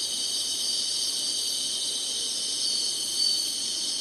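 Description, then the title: Insect chorus of unbroken, piercing high trilling, steady in loudness apart from a slight swell late on. Singing insects in summer. "SINGING INSECTS SUMMER"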